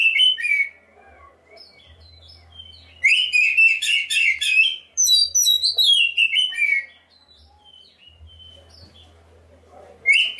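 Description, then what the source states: Oriental magpie-robin song in bursts of bright whistles and chattering trills, separated by quiet gaps with a faint low hum. Black-breasted form of the magpie-robin.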